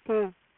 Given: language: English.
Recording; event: throat vibration sensor signal played as sound; speech